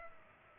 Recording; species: mosquito wingbeat signal from an infrared sensor; Culex pipiens